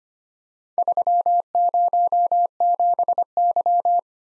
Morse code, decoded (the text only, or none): 307Y